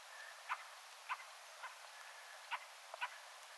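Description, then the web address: Fieldfare giving dry, harsh chack notes roughly every half second, with a brief pause before the last two calls. Attention-seeking call of a fieldfare, with a second and third fieldfare calling in the background; recorded 17 December 2024. "17 12 2024 rakattirastaan huomioaantelya taustalla toinen ja kolmaskin rakattirastas"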